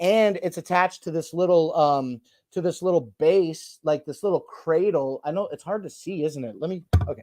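A plastic phone cradle on a gooseneck suction-cup mount is handled while someone talks almost continuously, with a brief burst of handling noise near 6.9 s at the very end. The cradle has not clicked or seated onto the mount yet.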